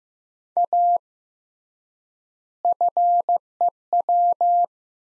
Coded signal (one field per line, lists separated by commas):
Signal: Morse code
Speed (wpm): 15 wpm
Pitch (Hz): 700 Hz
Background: none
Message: A FEW